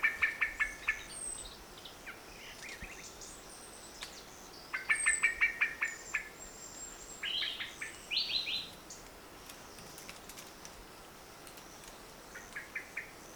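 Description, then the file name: Eurasian blackbird uttering hurried strings of sharp chipping notes in several short bursts, accompanied by high squeaky calls from other birds. "Turdus merula"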